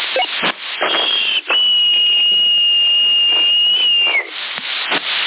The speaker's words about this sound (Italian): tu sei che stai fischiando.